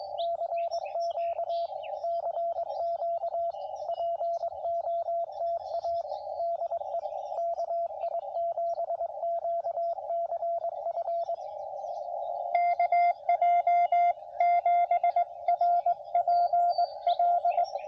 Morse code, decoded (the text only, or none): CQ CQ POTA DE KI7QCF KJ7RPL